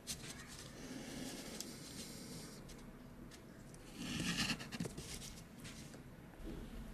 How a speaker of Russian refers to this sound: Томаш сидит за столом. Пишет карандашом. Чертит.